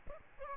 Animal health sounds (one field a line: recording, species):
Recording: mosquito wingbeat signal from an infrared sensor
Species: Aedes albopictus